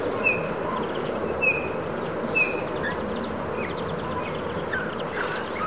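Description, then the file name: Eurasian bullfinch giving three soft, short piping whistles in the first half, over a steady buzzing background noise. "Pyrrhula pyrrhula"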